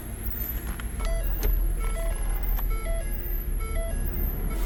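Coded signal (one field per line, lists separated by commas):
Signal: none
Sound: a car stereo's button beeps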